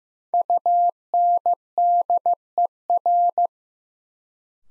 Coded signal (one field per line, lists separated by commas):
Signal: Morse code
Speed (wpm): 15 wpm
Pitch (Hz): 700 Hz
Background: none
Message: UNDER